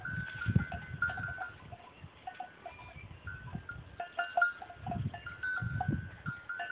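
Goats calling with drawn-out bleats over intermittent low thudding sounds.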